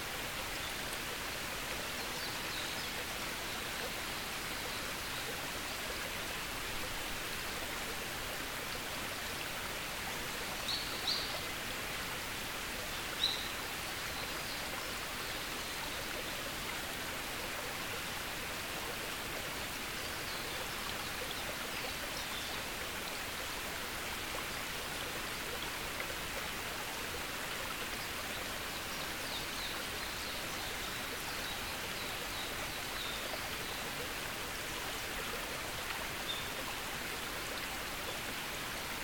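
Natural sounds from Yakushima, New Caledonia and Iriomote: a steady, dense hiss of rushing water or rain that barely changes for the whole clip, brightest in the upper-middle range. A few faint clicks break through around eleven and thirteen seconds.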